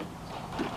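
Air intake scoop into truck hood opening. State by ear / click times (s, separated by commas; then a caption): not seated / none. An air grabber intake scoop is handled at the cut opening in the hood of a 2017 Ram 1500 5.7 Hemi, with a steady low rustling and faint mechanical shuffling that swells slightly near 0.6 s. Nothing has seated or clicked yet.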